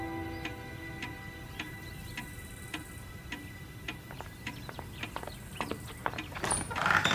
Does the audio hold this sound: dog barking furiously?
no